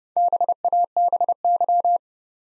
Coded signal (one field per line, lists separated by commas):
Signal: Morse code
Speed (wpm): 30 wpm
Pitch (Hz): 700 Hz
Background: none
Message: BABY